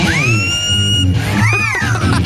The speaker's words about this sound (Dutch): Het is dus een papegaai. Hoe vet is dit? Hoor hem dan.